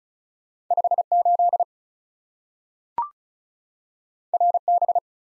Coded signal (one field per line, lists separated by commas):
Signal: Morse code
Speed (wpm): 36 wpm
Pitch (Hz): 700 Hz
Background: none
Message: 5 8 R B